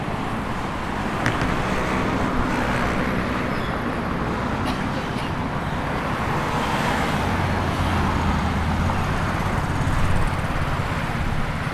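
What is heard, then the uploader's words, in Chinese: Steady, dense traffic noise fills the whole twelve seconds, a constant wash of passing cars with a heavy low rumble underneath. A few faint ticks and clicks stand out near the start and middle, and an engine drone swells slightly in the second half. 位於台北市和平西路三段靠近三水街。現實的車流聲。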